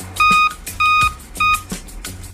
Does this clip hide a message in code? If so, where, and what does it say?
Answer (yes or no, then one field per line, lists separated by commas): no